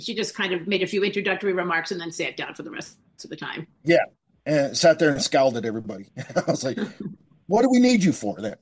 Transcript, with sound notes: she just kind of made a few introductory remarks and then sat down for the rest of the time.
Yeah. Uh, sat there and scowled at everybody (laughs) . I was like-
No.
... "What do we need you for then?